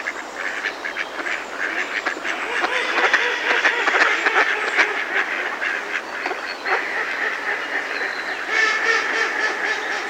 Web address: ducks mallard close female males and females in distance